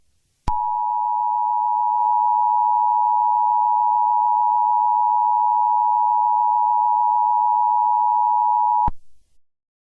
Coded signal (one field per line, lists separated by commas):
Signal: Emergency Alert System (SAME) tones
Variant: 853 and 960 Hz attention tone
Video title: Eas scenario 3 solar eclipse ( from my second account)